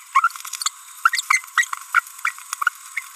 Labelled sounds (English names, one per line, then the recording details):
Green-rumped Parrotlet babbling
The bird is a female
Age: 30 days
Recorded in a nest box in Venezuela
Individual 17B42B3